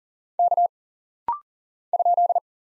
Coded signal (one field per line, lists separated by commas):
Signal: Morse code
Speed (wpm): 40 wpm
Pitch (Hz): 700 Hz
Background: none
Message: K ?